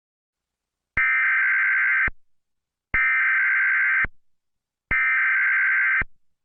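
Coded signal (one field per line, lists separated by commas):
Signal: Emergency Alert System (SAME) tones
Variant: header bursts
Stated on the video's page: Simulated emergency alert for Thailand, not real.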